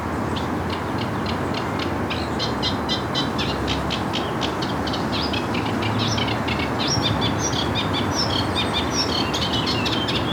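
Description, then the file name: Eurasian reed warbler singing a jerky, grating chatter of repeated notes, turning more varied and squeaky in the second half, over steady low background noise. "Acrocephalus scirpaceus - Eurasian Reed Warbler"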